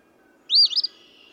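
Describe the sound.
Eastern phoebe giving a single raspy phrase that rises, dips and ends in a brief stutter.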